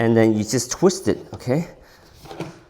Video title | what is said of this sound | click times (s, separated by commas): COWSAR 13,000 BTU Portable AC | Oh, you slide it on and it locks in place. | 2.4 s